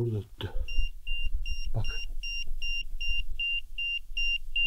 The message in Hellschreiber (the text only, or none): none